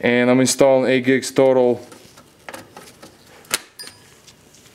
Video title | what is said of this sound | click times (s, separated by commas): Dell Optiplex 7020 Upgrade Video Card, RAM, Hard Drive Install Replace Change | you're gonna hear two clicks when you start correcting the memory you can hear two clicks in each each slot | 2.5 s, 3.5 s